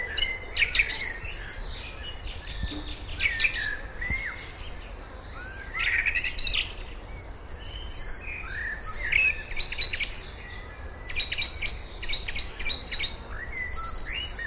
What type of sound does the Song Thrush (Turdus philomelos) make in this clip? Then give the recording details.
song. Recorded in the wild. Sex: male. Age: adult. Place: Lübars (Fließtal), Berlin, DE. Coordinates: 52.6167, 13.35. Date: 2000-06-12 18:22. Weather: overcast, 24°C. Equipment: Marantz CP 430, Sennheiser ME 80, Kopie Uher 4000 Report Monitor. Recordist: Tembrock, Günter